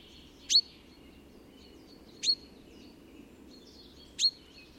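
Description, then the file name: Chaffinch calling: three clipped, bright high notes spaced almost two seconds apart against a quiet hiss with faint thin tones. "Fringilla coelebs"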